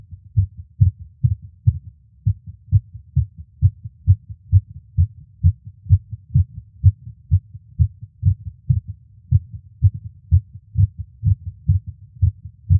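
Steady, deep, muffled heartbeat thumps, about 130 a minute, with nothing else audible.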